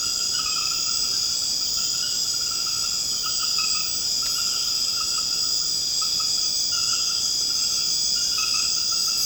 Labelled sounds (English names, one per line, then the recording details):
none
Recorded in secondary vegetation near Puerto Asís, Putumayo, Colombia, on 21 March 2025 at 21:30
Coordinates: 0.485, -76.322
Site G040